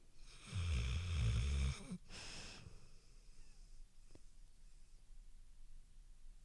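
Dog named Joshua snoring loudly in deep sleep, with low, rumbling snores.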